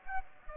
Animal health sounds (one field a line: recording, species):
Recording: mosquito wingbeat signal from an infrared sensor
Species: Aedes aegypti